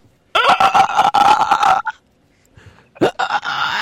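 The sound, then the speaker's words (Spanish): A turkey gobbles in two loud bursts: a long, rapid, rattling warble lasting over a second, then a brief pause before a shorter second gobble. “El pavo. El pavo.”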